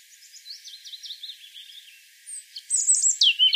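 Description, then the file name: European robin delivering soft, high wavering notes that give way to a louder, shrill, tumbling phrase of sharp whistles. "Erithacus rubecula"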